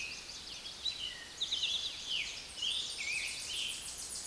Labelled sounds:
Eastern Towhee song
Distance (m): 40 m
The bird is about 5 m above the microphone
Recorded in a Pennsylvania forest on 16 May 2024 at 06:01
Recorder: AudioMoth, point MSD-2287
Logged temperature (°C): 11.2 °C
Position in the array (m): 106 m, 7 m

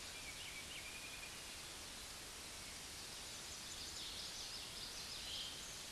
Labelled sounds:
Common Yellowthroat song
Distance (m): 65 m
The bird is about 15 m above the microphone
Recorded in a Pennsylvania forest on 16 May 2024 at 09:08
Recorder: AudioMoth, point MSD-1307
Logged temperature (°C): 16.6 °C
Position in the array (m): 227 m, 187 m

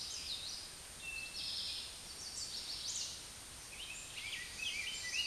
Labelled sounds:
Eastern Towhee song
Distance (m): 50 m
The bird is about 15 m above the microphone
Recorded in a Pennsylvania forest on 16 May 2024 at 09:08
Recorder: AudioMoth, point MSD-0627
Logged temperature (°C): 14.8 °C
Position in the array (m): 63 m, 15 m

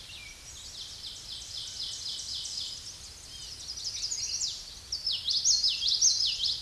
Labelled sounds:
Ovenbird song
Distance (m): 15 m
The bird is about 5 m above the microphone
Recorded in a Pennsylvania forest on 16 May 2024 at 07:28
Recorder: AudioMoth, point MSD-1342
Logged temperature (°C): 15.5 °C
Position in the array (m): 242 m, 179 m

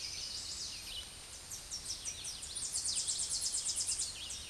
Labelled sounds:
Tennessee Warbler song
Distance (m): 15 m
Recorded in a Pennsylvania forest on 16 May 2024 at 08:16
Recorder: AudioMoth, point MSD-0665
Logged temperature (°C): 16.1 °C
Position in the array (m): 73 m, 92 m

